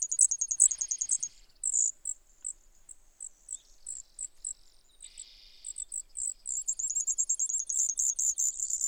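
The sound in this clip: Brewer's sparrow song, a quick high trill, a few separated chips and lower buzzy phrases, then a run of rapid thin notes.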